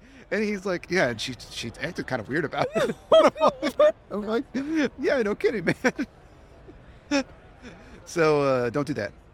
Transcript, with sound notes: And he's like, "Yeah. And she- she acted kind of weird about it." [All laugh] I'm like, "Yeah, no kidding, man." So, don't do that.